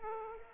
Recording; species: mosquito wingbeat signal from an infrared sensor; Aedes aegypti